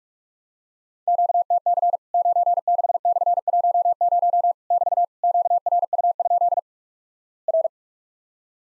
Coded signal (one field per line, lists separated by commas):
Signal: Morse code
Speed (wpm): 46 wpm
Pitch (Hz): 700 Hz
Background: none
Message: QTC 96/10 <BT> QRU? R